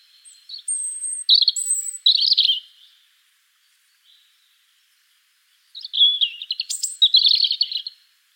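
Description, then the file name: European robin song: thin high whistled notes leading into quick warbling bursts, then silence, then a second jumbled, trilling phrase. "Erithacus rubecula"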